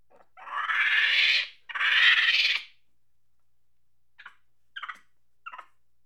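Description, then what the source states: Monkey letting out two long, loud, raspy screams, followed by a pause and three short, sharp chattering notes. Angry monkey chattering.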